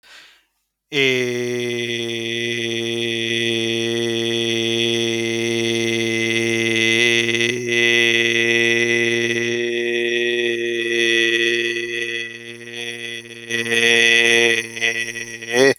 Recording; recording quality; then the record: sustained vowel as in made; excellent, no background noise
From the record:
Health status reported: healthy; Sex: male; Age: 41 years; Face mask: not worn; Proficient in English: yes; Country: India